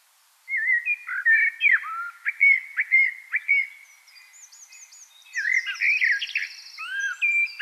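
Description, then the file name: Common blackbird singing a flowing, whistled warble, followed by higher, rattling twitters mixed with further notes. "Turdus merula"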